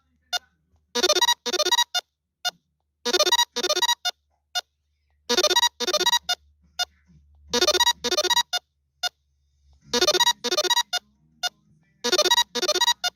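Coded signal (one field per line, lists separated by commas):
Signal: none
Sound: cartoon music sound effects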